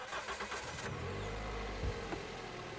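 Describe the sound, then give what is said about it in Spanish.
A car engine turns over after a burst of hissing noise, then settles into a steady low rumbling hum with a brief rev partway through. No one speaks. “Menudo coche.”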